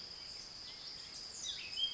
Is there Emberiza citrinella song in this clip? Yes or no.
no